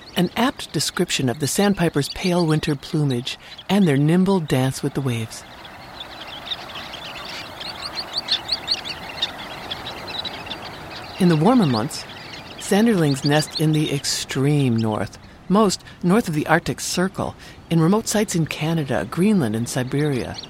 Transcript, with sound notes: an apt description of the sandpipers’ pale winter plumage and their nimble dance with the waves. [Sound of gentle waves and sharp call notes of a flock of Sanderlings] In the warmer months, Sanderlings nest in the extreme north, most north of the Arctic Circle, in remote sites in Canada, Greenland, and Siberia.